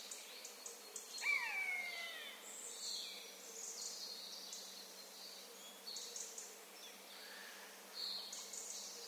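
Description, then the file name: Eurasian jay, one descending mew early on, then high chirping and twittering songbirds filling the rest of the recording. "Garrulus glandarius"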